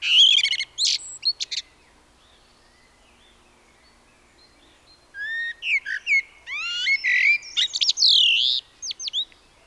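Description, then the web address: Common blackbird: a brief scratchy, twittering phrase, a silent interval, then a longer phrase of sliding whistles and sharp high chirps. "SETE Turdus merula"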